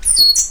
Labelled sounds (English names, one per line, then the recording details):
Stitchbird song
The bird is a male
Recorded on Tiritiri Matangi Island, New Zealand, in 2005
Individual 12, of nest box 16